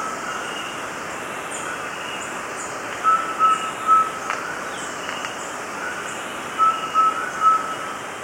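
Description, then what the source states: Subtropical pygmy owl calling with short, flat whistled hoots in two sets of three, about half a second apart, over a steady background hiss with faint higher bird notes. Ecuador.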